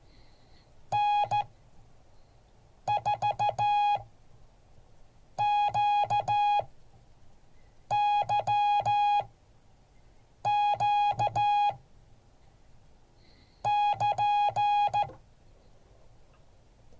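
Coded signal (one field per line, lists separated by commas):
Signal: Morse code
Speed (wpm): 14 wpm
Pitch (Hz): 830 Hz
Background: music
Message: N4QYQ <KN>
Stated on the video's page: Morse code class.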